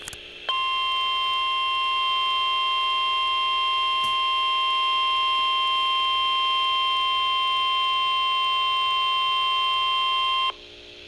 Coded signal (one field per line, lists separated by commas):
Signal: Emergency Alert System (SAME) tones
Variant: 1050 Hz attention tone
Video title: NOAA Weather Radio:Severe Thunderstorm Warning (EAS #148)